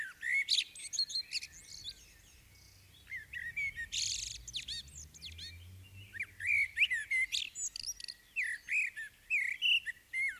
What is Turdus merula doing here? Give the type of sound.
song